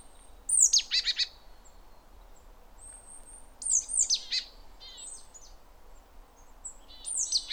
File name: Parus major